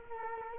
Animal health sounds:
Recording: mosquito wingbeat signal from an infrared sensor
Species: Culex quinquefasciatus

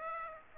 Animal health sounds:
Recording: mosquito wingbeat signal from an infrared sensor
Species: Aedes aegypti

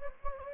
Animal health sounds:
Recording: mosquito wingbeat signal from an infrared sensor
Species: Anopheles gambiae

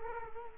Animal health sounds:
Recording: mosquito wingbeat signal from an infrared sensor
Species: Culex quinquefasciatus

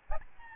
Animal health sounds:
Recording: mosquito wingbeat signal from an infrared sensor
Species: Aedes albopictus

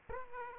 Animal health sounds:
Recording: mosquito wingbeat signal from an infrared sensor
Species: Aedes aegypti

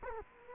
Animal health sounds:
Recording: mosquito wingbeat signal from an infrared sensor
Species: Culex quinquefasciatus

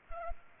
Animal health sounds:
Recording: mosquito wingbeat signal from an infrared sensor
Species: Culex pipiens

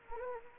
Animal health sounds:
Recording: mosquito wingbeat signal from an infrared sensor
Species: Anopheles arabiensis

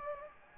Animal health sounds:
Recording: mosquito wingbeat signal from an infrared sensor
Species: Anopheles gambiae

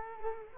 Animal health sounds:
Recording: mosquito wingbeat signal from an infrared sensor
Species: Culex quinquefasciatus

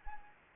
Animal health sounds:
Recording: mosquito wingbeat signal from an infrared sensor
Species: Anopheles arabiensis

